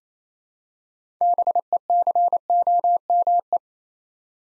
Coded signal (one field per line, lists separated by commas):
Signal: Morse code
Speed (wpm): 28 wpm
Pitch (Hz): 700 Hz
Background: none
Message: BECOME